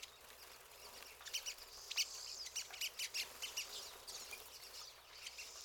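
Pine siskins twittering: rapid high chips with a drawn-out buzzy note, several birds calling together.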